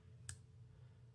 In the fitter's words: It just kind of locks in.